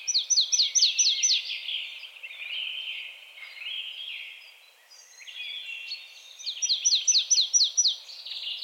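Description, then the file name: Marsh tit calls: two bursts of quick, repeated downslurred notes, at the start and near the end, with softer twittering in between. "Poecile palustris"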